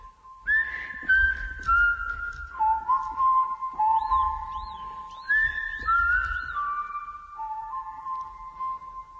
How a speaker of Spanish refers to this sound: Ahora sí que silbamos y los pájaros contentan. Ahora que cuando los pájaros contestan, nosotros nos sentimos un poco más valientes, bastante más altos, muchísimo más acompañados.